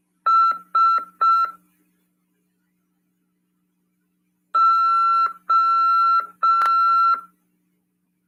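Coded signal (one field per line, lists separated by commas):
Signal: Morse code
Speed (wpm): 5 wpm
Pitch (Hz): 1340 Hz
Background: none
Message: SO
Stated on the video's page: CW lesson in an amateur radio class on 146.410 MHz FM.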